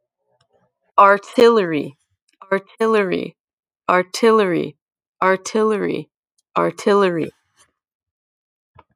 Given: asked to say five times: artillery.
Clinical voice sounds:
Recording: repeated word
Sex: female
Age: 20 to 29 years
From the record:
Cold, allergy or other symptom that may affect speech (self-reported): no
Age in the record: 22 years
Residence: Maryland, United States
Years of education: 16

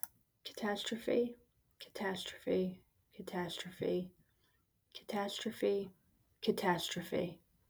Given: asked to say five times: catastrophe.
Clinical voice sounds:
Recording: repeated word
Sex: female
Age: 30 to 39 years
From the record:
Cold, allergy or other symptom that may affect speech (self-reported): no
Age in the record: 34 years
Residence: Georgia, United States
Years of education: 17

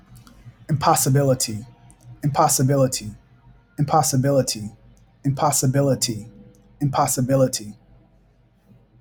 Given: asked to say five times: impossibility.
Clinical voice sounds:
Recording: repeated word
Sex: male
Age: 40 to 49 years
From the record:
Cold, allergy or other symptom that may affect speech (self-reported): no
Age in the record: 42 years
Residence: Georgia, United States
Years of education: 16

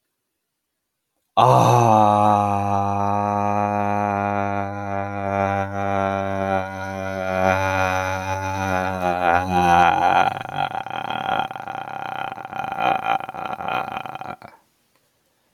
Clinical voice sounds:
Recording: vowel held as long as possible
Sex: male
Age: 18 to 19 years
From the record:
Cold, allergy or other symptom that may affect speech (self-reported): no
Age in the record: 18 years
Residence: California, United States

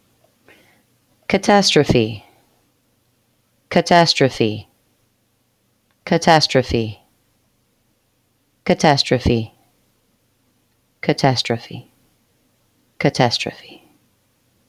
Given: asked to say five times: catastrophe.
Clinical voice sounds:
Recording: repeated word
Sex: female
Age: 40 to 49 years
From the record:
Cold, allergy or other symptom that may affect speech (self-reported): no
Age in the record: 41 years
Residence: Oklahoma, United States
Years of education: 16

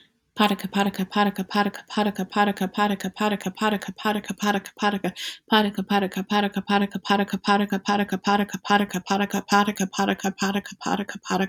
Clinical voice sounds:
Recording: repeated syllables /pa ta ka/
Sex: female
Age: 20 to 29 years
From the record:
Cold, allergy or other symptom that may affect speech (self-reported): no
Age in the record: 29 years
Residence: Virginia, United States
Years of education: 18

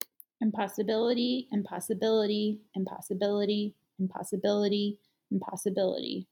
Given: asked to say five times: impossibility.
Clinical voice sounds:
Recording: repeated word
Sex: female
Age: 30 to 39 years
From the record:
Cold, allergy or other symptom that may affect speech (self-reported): no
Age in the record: 32 years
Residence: Colorado, United States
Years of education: 18

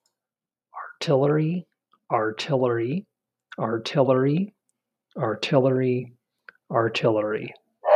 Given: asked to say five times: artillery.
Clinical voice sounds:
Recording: repeated word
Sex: male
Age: 40 to 49 years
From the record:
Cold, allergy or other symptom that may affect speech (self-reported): no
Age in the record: 48 years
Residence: Texas, United States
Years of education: 16

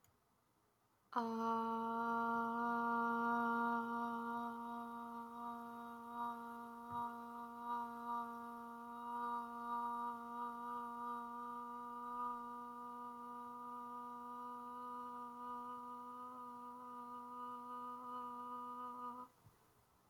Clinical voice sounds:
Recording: vowel held as long as possible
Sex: female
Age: 20 to 29 years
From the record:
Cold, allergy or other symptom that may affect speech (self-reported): no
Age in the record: 21 years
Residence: Washington, United States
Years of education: 14

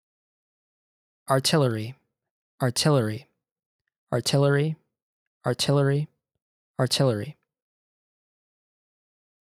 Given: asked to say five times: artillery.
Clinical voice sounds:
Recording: repeated word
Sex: male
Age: 20 to 29 years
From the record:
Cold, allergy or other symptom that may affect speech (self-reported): no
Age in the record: 26 years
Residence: Virginia, United States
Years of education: 16

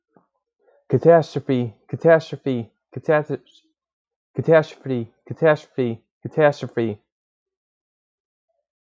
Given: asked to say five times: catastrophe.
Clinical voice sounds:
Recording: repeated word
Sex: male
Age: 20 to 29 years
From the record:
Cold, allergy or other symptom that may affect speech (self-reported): no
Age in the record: 27 years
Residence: Virginia, United States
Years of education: 16

